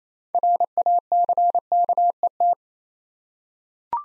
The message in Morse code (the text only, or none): RACKET